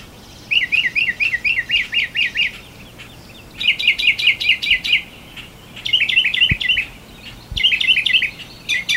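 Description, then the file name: Northern mockingbird song in several quick bursts, each a fast train of wavering trilled notes lasting about a second, separated by short pauses. "kicauan burung northern mockingbird. omkicau"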